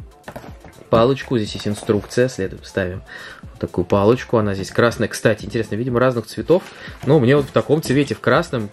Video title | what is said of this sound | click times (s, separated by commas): СТУЧИТЕ В БАРАБАН из фикс прайс за 99 рублей Игрушечная Барабанная установка в 360р качестве :( | устанавливаем вот так до щелчка, чтобы это ровненько стояло. | 0.3 s